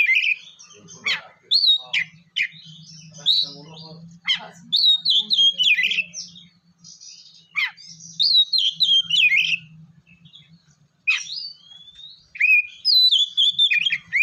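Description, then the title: Oriental magpie-robin song: varied whistled and chirping phrases with sharp down-slurred notes, over a faint low humming background. "kacer"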